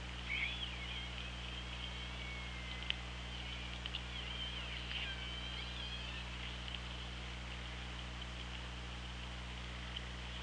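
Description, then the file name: Orca calls, faint tonal sweeps rising and falling together over several seconds, with steady low electrical hum and hiss underneath. OrcaLab hydrophone recording, 24 August 2017, 16:54. "Orca Lab UTLN JASON 20170824 165429"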